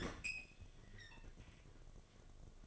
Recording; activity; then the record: daily activity, microphone in the room; open fridge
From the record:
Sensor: 4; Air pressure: 1005.5 hPa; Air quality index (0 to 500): 176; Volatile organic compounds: 5 ppm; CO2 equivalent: 1730 ppm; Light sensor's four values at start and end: 5/12/4/4 and 5/10/4/4